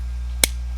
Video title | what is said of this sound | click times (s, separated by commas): Primecast 124: Hold It In! | It pops in place. | 0.4 s